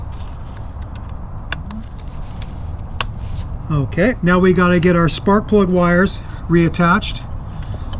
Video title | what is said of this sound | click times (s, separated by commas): Engine Compression Test | we're gonna reconnect our electrical connections just snap them in place okay | 3.0 s